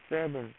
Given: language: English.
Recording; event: throat vibration sensor signal played as sound; speech